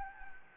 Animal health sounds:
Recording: mosquito wingbeat signal from an infrared sensor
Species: Anopheles gambiae

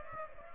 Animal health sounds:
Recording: mosquito wingbeat signal from an infrared sensor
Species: Aedes aegypti

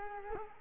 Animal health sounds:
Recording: mosquito wingbeat signal from an infrared sensor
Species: Culex quinquefasciatus

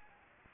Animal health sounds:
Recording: mosquito wingbeat signal from an infrared sensor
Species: Anopheles arabiensis

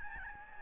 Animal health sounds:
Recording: mosquito wingbeat signal from an infrared sensor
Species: Aedes albopictus

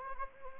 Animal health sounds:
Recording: mosquito wingbeat signal from an infrared sensor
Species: Anopheles arabiensis

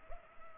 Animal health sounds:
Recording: mosquito wingbeat signal from an infrared sensor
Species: Culex pipiens

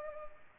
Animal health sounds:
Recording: mosquito wingbeat signal from an infrared sensor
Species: Culex pipiens

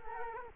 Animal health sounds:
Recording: mosquito wingbeat signal from an infrared sensor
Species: Culex quinquefasciatus

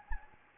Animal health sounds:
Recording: mosquito wingbeat signal from an infrared sensor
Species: Anopheles gambiae

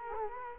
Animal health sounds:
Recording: mosquito wingbeat signal from an infrared sensor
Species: Culex quinquefasciatus

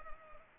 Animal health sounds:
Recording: mosquito wingbeat signal from an infrared sensor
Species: Culex pipiens

